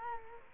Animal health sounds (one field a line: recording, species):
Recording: mosquito wingbeat signal from an infrared sensor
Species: Culex quinquefasciatus